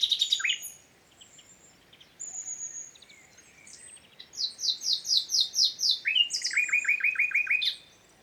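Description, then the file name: Common nightingale song: a sharp opening flourish, a pause, a thin whistle, then loud rapid repeated chirps in fast trills, ending abruptly. "Luscinia megarhynchos"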